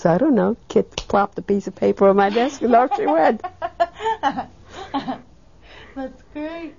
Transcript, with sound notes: "I don't know. Kids plopped a piece of paper on my desk and off they went. ( they laugh )
That's great.